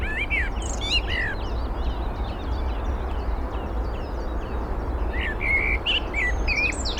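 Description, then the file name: Eurasian blackbird song: fluty phrases at the start and again near the end, between bursts of high chirping from other birds over steady low noise. "Turdus merula"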